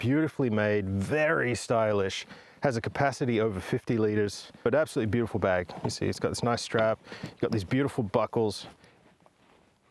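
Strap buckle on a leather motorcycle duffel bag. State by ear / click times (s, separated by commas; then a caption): released / 9.3 s. A man talks about a handcrafted all-leather Outlaw duffel bag by Trip Machine with a capacity of over 50 L, used on a Honda GB350S. He then releases a buckle on the bag's strap. The buckle pops open with a sharp, short hit at 9.3 s.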